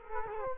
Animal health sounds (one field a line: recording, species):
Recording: mosquito wingbeat signal from an infrared sensor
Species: Culex quinquefasciatus